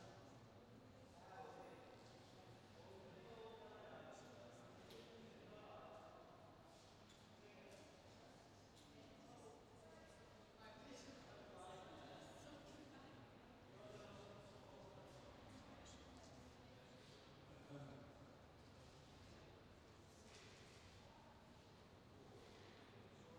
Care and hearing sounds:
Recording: everyday scene through a hearing-aid microphone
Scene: reverberant space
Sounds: background noise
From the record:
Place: railway station hall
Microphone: in the ear canal, left

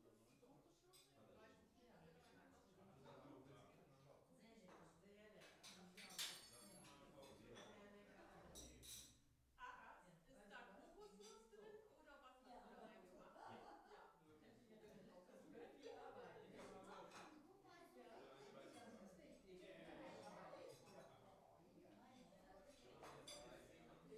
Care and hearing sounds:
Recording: everyday scene through a hearing-aid microphone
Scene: many people talking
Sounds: many voices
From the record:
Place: parish hall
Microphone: behind the ear, right, front

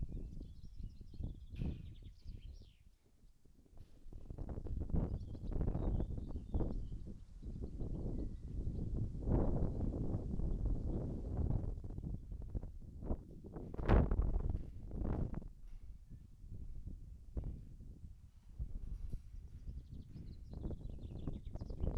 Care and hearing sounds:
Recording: everyday scene through a hearing-aid microphone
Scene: wind on the microphone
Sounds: wind, other noises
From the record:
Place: in front of a rural house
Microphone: behind the ear, right, rear

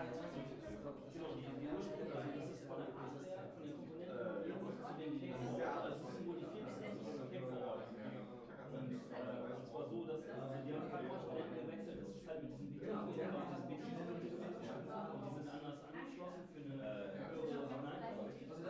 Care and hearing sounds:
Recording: everyday scene through a hearing-aid microphone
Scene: many people talking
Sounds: many voices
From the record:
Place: bistro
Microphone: behind the ear, right, rear

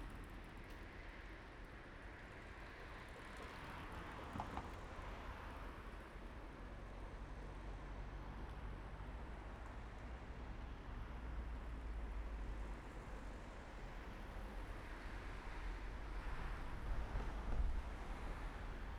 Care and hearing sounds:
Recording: everyday scene through a hearing-aid microphone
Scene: in traffic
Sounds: traffic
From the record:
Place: main road on the outskirts, rush hour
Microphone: behind the ear, right, rear

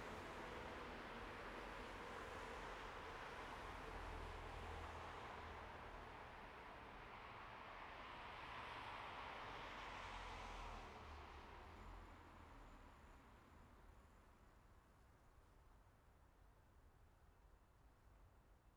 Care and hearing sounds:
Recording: everyday scene through a hearing-aid microphone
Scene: in traffic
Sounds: traffic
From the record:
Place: bus stop on a city main road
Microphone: behind the ear, right, rear

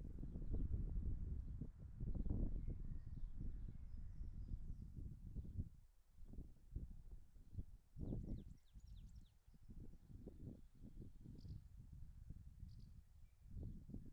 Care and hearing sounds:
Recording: everyday scene through a hearing-aid microphone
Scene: wind on the microphone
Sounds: wind, birds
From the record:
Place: in front of a rural house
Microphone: behind the ear, left, front

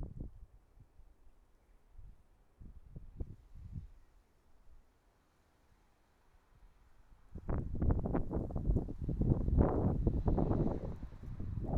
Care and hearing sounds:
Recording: everyday scene through a hearing-aid microphone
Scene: wind on the microphone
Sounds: wind, traffic, birds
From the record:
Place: suburban garden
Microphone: behind the ear, right, front

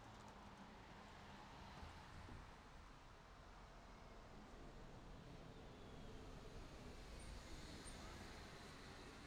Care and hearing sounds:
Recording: everyday scene through a hearing-aid microphone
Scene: in traffic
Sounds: traffic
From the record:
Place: city secondary road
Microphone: in the ear canal, left

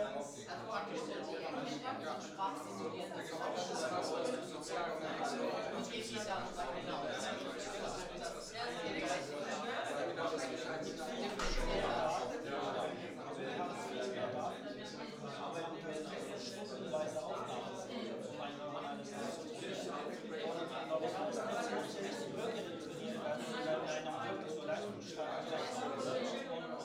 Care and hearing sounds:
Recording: everyday scene through a hearing-aid microphone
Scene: many people talking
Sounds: many voices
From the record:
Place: bistro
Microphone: in the ear canal, right

